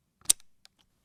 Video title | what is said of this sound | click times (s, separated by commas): Mamiya m645 Medium Format Film Camera | here click in ready to go close the film back | 0.3 s